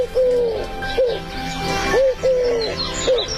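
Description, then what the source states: Eurasian collared dove cooing: low hollow notes, some drawn out and falling, others short and clipped, repeated several times over a busy noisy background. Three-note 'coo-coo-coo' with a heavier second note, repeated many times; gregarious, cold-hardy dove living around farmland, villages, houses and power lines in China.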